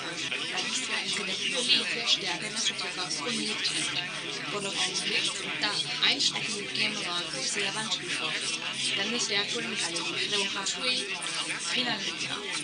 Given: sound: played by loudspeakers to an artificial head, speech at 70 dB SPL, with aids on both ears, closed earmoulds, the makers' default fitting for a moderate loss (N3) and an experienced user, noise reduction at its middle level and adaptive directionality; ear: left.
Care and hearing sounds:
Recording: speech test signal (ISTS) in cocktail-party noise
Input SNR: 0 dB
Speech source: on the right (90 degrees)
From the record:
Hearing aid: class 2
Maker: A

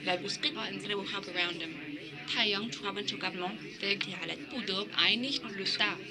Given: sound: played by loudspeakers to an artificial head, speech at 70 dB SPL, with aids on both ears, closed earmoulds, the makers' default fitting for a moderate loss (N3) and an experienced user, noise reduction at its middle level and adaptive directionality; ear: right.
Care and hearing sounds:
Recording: speech test signal (ISTS) in cocktail-party noise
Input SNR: +3 dB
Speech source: in front (0 degrees)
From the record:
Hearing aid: class 2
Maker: D

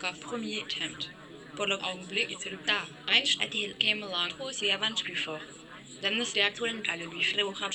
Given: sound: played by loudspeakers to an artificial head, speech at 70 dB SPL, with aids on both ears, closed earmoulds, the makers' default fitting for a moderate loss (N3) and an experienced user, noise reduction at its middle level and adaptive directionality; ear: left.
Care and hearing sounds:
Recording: speech test signal (ISTS) in cocktail-party noise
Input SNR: +6 dB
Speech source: in front (0 degrees)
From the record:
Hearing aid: class 1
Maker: C

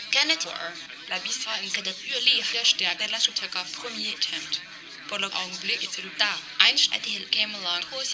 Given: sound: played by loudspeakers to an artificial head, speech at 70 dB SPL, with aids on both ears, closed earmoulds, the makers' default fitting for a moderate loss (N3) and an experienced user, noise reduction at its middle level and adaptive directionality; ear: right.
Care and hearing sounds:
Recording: speech test signal (ISTS) in cocktail-party noise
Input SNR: +6 dB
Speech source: on the right (90 degrees)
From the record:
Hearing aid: class 1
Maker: B

